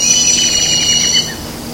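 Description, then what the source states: Southern crested caracara uttering a rough, rasping rattle that fades away after about a second. Recorded at Parque Estadual da Cantareira, São Paulo state, Brazil, on 19 January 2013.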